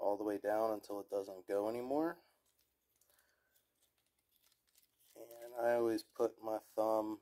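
A plastic trigger on a PS5 controller, model BDM-050, is fitted with its haptic gear into the controller board housing. It is rotated all the way down until it stops and held with a thumb over the gear while someone talks. Only faint handling noises are heard in the quiet middle stretch, and nothing has snapped into place yet.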